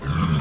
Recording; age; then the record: pig call; growing-finishing pig (85 days or more)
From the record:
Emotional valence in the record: positive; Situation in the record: run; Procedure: transit